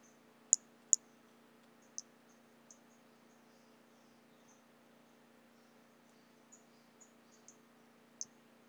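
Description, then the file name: White-lined pumpkin toadlet calls: short, very high-pitched ticking notes, two sharp ones close together near the start, then scattered fainter notes and a final sharp one, over a steady low hum. Individual 15, unvouchered. "Brachycephalus albolineatus individual 15 unvouchered"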